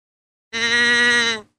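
Deer giving a single steady, nasal bleat lasting about a second.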